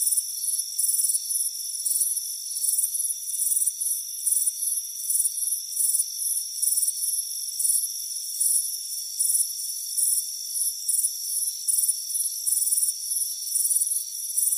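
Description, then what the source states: Crickets chirp in brisk bursts with a sustained thin trill beneath. Crickets chirping on a warm afternoon by a front porch.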